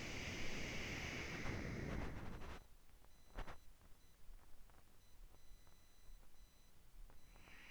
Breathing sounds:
nose breathing near a microphone
0.00-2.62 s: exhalation
7.15-7.71 s: inhalation
From the record:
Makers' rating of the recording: medium

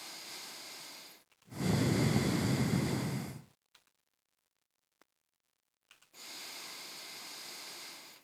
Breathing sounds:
nose breathing near a microphone
0.00-1.30 s: inhalation
1.30-3.75 s: exhalation
5.90-8.15 s: inhalation
From the record:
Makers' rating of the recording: medium

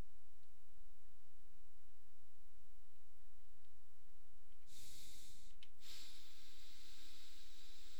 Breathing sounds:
nose breathing near a microphone
4.55-5.55 s: exhalation
5.55-8.00 s: inhalation
From the record:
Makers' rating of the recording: medium

